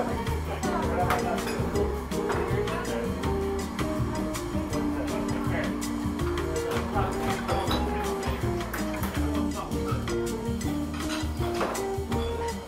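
Seaside cafe ambience with a steady, dense murmur of overlapping voices throughout, held at an even loudness. Short bright clinks and clatters of cups and dishes pop out every second or so, over a low rumbling bed underneath.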